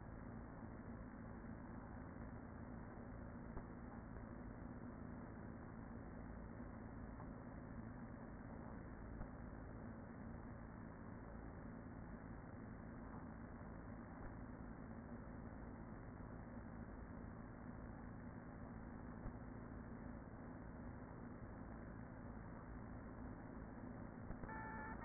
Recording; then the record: honeybee colony, microphone inside the hive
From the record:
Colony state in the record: queen present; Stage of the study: after two queens were removed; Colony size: about 40,000 bees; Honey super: no